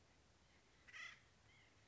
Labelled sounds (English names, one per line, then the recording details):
White-breasted Nuthatch
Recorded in Sonoma County, California